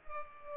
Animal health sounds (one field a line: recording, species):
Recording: mosquito wingbeat signal from an infrared sensor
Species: Culex pipiens